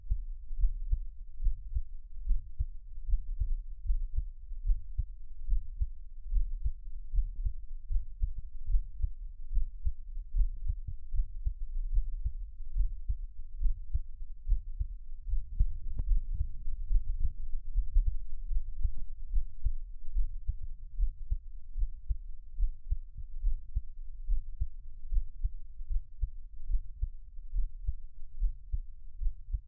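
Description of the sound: Soft, deep thumps of an adult's own heartbeat, recorded close up for Taiwanese ASMR listening, repeat at about 72 a minute at a resting rate, with no talking and only a faint low hum behind them.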